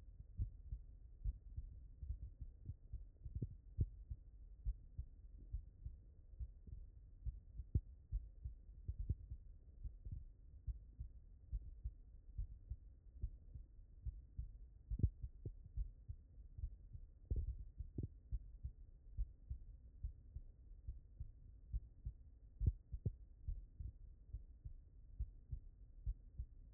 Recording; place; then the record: heart sounds by stethoscope; tricuspid valve (TV)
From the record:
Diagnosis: non-HFrEF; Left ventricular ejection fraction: 69%